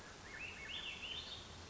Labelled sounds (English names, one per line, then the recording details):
Swainson's Thrush
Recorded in Sonoma County, California